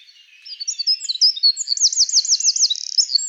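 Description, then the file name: Eurasian wren song, a shrill cascade of quick high notes building into a ringing trill of looped phrases. "Troglodytes troglodytes"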